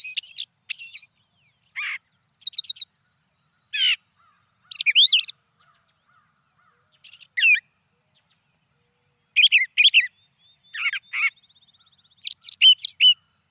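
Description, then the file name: Brown thrasher singing a varied series of rapid, clipped phrases, mixing sharp rising chirps, rasps and grouped repeated notes, with a faint soft ticking run in one pause. "suara-kicauan-brown-thrasher 2-omkicau"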